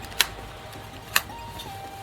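The plastic case of an Acorn Pocket Book II (Psion 3A) organiser is pressed back into the organiser's case half, giving two sharp plastic clicks at 0.2 s and 1.2 s over a faint steady tone. One side of the case clips in, but the bottom clips are still not engaged.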